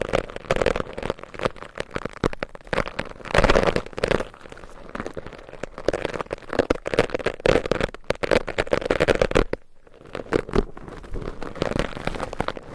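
Layered scratching across a microphone, a dense run of rough, crackling strokes that reaches into the high end. The scraping rises and falls in uneven bursts with a low rumble beneath, breaks off briefly around ten seconds, then resumes just as busy.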